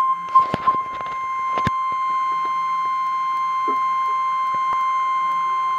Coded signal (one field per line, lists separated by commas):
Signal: Emergency Alert System (SAME) tones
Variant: 1050 Hz attention tone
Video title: REAL EAS 296-Tornado watch